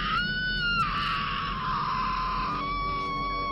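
A woman screams in terror on opening the wardrobe of her hotel room: one long, shrill, piercing cry that holds loud and unbroken for several seconds, its pitch wavering and dipping slightly partway through, with no talking.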